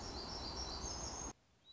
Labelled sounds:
Black-throated Gray Warbler

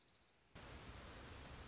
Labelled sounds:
Orange-crowned Warbler

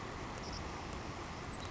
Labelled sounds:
Savannah Sparrow

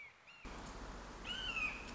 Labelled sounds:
Red-shouldered Hawk

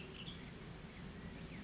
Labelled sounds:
Western Tanager

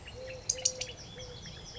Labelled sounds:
Eurasian Collared Dove

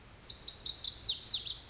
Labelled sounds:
Lazuli Bunting

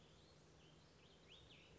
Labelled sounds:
Cassin's Vireo

